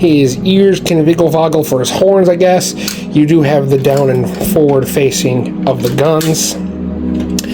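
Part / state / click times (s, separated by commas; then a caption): gun on a transforming robot action figure / seated / 7.4 s. A plastic gun on a 2003 Transformers Energon Megatron Supreme Class transforming robot figure is swung into its down and forward-facing position while someone talks. It clicks into place with a sharp click at 7.4 s.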